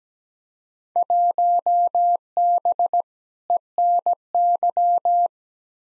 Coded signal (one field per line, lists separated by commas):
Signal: Morse code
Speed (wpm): 17 wpm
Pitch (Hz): 700 Hz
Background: none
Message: 1B ENY